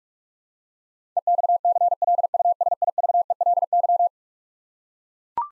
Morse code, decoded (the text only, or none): EXCLUSIVELY